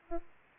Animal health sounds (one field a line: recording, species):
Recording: mosquito wingbeat signal from an infrared sensor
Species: Aedes aegypti